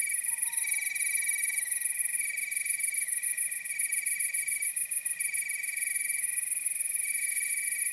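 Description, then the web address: Cricket: insect chirping in pulsed bursts with short gaps, over a steady high trill, with a faint falling whistle near the start. Nocturnal wasteland at night. "Nature Chill Out 2014. Toads, Nighthawks and Crickets"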